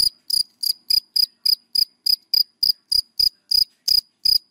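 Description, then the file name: Rapid cricket chirps, over three per second, sharp and high-pitched, clear over a quiet background. Crickets calling, given by the Vietnamese names dế mèn, dế cơm and dế than. "Tieng de men de com de than keu"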